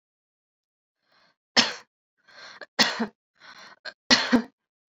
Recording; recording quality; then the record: shallow voluntary cough; excellent, no background noise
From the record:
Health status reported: healthy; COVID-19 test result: negative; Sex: female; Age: 21 years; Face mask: worn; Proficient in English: yes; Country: India